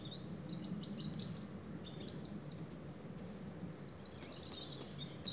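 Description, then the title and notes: European robin song, with high thin warbled phrases and trills coming in short bursts with brief pauses, over a constant low background hum. Several robins singing in the afternoon at Méandres du Saugey, Brangues, France, in the Haut-Rhône; recorded with a Dodotronic stereo parabola (EM172) and Zoom H4n Pro. "Méandres du Saugey - Brangues, France - Ambiance sifflée des Méandres du Saugey. Rouge gorges pour un concerto d'après-midi dans les Méandres du Saugey. Stéphane Marin - EspaceS SonoreS"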